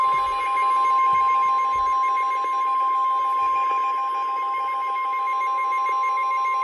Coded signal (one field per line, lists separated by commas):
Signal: Emergency Alert System (SAME) tones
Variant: 1050 Hz attention tone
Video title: Severe Thunderstorm Warning on WXM72 || EAS 222